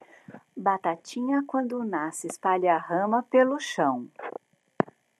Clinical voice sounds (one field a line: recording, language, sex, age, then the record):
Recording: short text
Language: Brazilian Portuguese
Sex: female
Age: 50 to 59 years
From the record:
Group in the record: control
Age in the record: 57 years